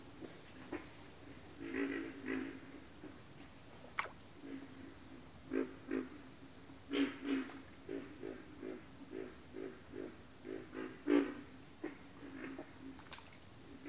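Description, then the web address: Pig frog grunts, a run of short low croaks in a loose series, with a persistent rhythmic high insect trill. "Sounds of Nature Collection. Pig Frogs"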